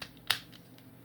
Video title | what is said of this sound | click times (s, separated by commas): Ultimate Transformers Toy Collection - New Transformers Toy Unboxing and Review #transformers #robot | 第一个卡上去，这边的卡扣再卡上去 | 0.3 s